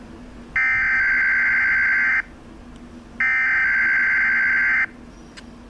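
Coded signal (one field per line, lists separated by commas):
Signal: Emergency Alert System (SAME) tones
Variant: header bursts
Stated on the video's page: Required weekly tests received on two-way radios from two NOAA weather radio transmitters, one in Arab and one in Huntsville.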